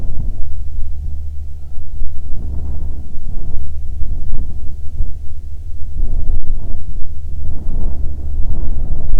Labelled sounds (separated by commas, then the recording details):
wind
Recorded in the Prudhoe Bay oil fields, Alaska, on 7 August 2019 at 14:09
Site 17